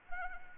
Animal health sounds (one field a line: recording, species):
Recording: mosquito wingbeat signal from an infrared sensor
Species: Anopheles arabiensis